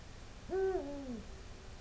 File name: Eagle Owl